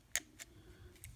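A plastic body shell is pressed back onto the chassis of an N scale Kato F3 New York Central model locomotive after cleaning and lubrication. A sharp, bright click at 0.15 s shows the shell seating in its proper spot. Fainter ticks follow at 0.4 and 1.0 s.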